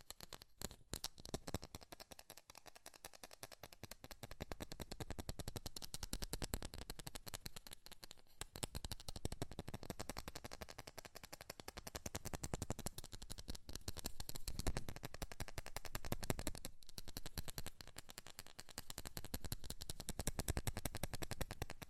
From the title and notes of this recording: ASMR Fast Tapping for The Most Tingles (No Talking).